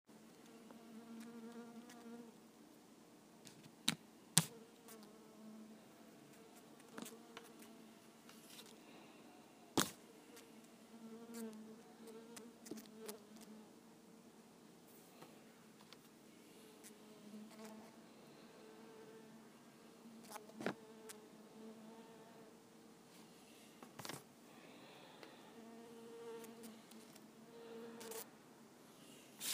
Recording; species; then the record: mosquito flight sound by mobile phone; Culiseta incidens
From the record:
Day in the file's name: 2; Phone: iPhone 5